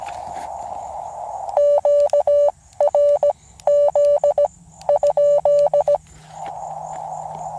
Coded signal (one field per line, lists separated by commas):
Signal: Morse code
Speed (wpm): 17 wpm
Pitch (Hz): 580 Hz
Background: none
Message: QRZ?